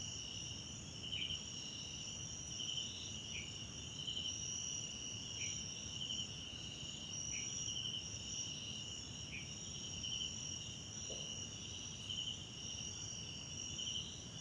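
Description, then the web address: Cricket chorus with a continuous shrill buzz and recurring pulsed chirps, plus short, quieter downward notes recurring between them. South African crickets recorded at night in a wetland park at Kosi Forest Lodge, South Africa; background ambience. "Tonschliff - SOUTH AFRICAN CRICKETS BG South Africa Wetland Park Kosi Forest Lodge Night"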